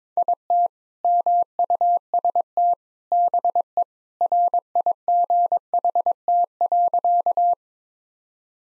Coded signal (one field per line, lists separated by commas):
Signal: Morse code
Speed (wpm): 22 wpm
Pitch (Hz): 700 Hz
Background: none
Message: IT MUST BE RIGHT.